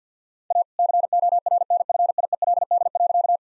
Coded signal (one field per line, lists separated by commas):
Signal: Morse code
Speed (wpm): 50 wpm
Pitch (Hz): 700 Hz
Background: none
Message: A CORNFIELD.